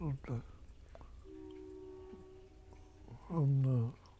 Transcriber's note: train whistle